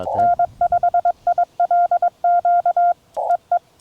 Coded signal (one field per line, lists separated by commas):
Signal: Morse code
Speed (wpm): 20 wpm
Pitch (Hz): 700 Hz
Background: none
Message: N5ILQ EE